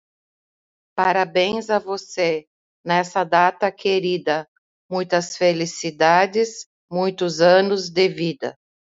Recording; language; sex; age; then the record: short text; Brazilian Portuguese; female; 50 to 59 years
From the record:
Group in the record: control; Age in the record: 57 years